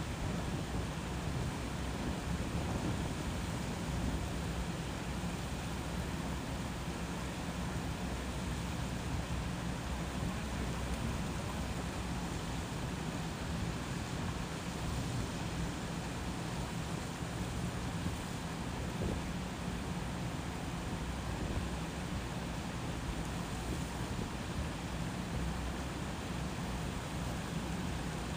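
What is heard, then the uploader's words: A running stream in the desert pours steadily and densely, a constant rushing wash that never lets up. The sound is full, weighted toward a low rumble with a soft hiss above. No separate events stand out. Morning walk in the Arizona desert by a running stream. It's about 5am and the sun is nowhere in sight. I began my walk on the West side of the property and did a loop around the whole thing.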